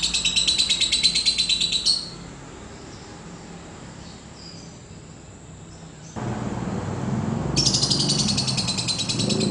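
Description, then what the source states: Lovebird chattering in two bursts of rapid high chirps separated by several quiet seconds of faint hiss and low noise. Lovebird named Putri Mentaya.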